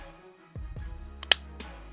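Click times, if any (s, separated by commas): 1.3 s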